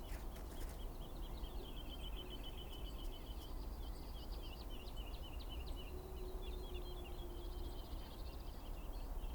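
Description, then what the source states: Common Chaffinch song: series of bright, rapid high notes in short phrases, over a steady low rumble with faint background hiss. First hesitant, unenergetic song phrases at daybreak, near small Scots pine wood, Plateau de Lesches en Diois, Drôme, 17 February 2021, after thaw; Nagra BB+, cardioid MKH40 pair.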